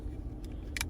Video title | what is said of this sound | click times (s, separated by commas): Mazda3 Remote Battery Replacement 2019 - 2024 / How change key fob battery | it just snaps on there's only one way this will go since it has this like foot hanging off of It | 0.8 s